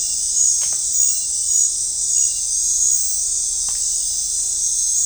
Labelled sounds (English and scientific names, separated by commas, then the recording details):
none
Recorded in dense forest near Puerto Asís, Putumayo, Colombia, on 15 December 2024 at 20:00
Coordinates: 0.499, -76.324
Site G045